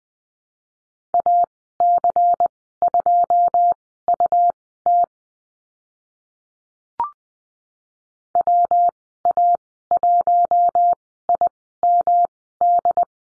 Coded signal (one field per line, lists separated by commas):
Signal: Morse code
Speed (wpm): 20 wpm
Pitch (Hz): 700 Hz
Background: none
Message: AC2UT WA1IMD